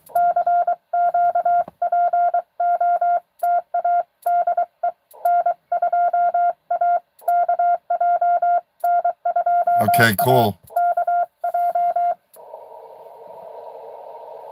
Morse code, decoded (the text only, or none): CQ POTA DE N2AKJ N2AKJ